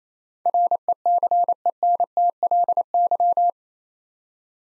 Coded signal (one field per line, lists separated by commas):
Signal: Morse code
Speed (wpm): 27 wpm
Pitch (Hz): 700 Hz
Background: none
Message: RECENTLY